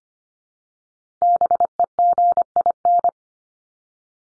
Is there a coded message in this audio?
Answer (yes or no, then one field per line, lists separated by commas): yes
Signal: Morse code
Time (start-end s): 1.2-3.1 s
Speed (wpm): 25 wpm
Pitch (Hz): 700 Hz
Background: none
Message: BEGIN